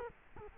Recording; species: mosquito wingbeat signal from an infrared sensor; Culex quinquefasciatus